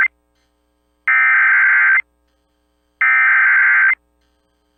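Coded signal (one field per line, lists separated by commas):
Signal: Emergency Alert System (SAME) tones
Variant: header bursts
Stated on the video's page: NOAA Weather Radio alerts for a derecho hitting central Iowa and Des Moines.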